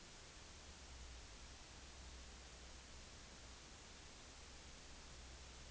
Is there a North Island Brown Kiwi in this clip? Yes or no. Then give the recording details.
no. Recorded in New Zealand on 10 November 2013. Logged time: 02:19